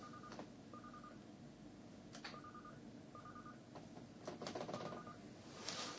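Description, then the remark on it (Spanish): Telephone dialing tones: short, evenly spaced electronic beeps in a steady mid-pitched rhythm, broken by sharp clicks, over a constant low hiss with no talking. “Y por otra parte, a ver, el teléfono.”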